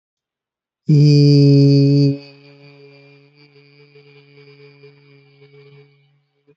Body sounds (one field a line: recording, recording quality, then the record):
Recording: sustained vowel as in beet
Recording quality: excellent, no background noise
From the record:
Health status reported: healthy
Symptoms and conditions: none ticked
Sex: male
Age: 31 years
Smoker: not ticked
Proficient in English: yes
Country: India